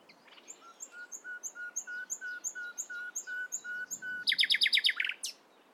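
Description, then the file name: Common nightingale delivering a series of steady whistled notes about three a second, ending in a loud, fast, rattling burst. "Luscinia megarhynchos"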